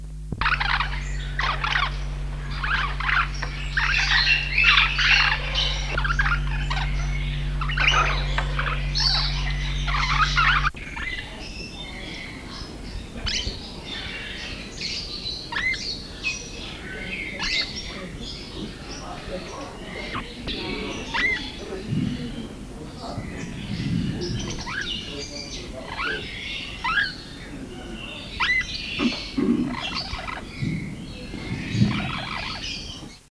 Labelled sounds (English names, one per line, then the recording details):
Citrine Lorikeet call
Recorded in captivity
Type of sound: call
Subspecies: meyeri
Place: Vogelpark Walsrode, Niedersachsen, DE
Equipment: Halbspur, 9,5 cm/s
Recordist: Lütgens, Hans
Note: Rufe